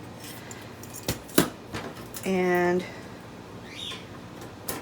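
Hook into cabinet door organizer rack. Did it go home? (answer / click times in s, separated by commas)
yes / 4.7 s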